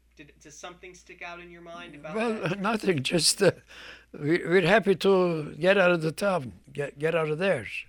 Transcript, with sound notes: Does something stick out in your mind about that trip?
(he laughs) Well, nothing, just we're happy to get out of the town, get out of there.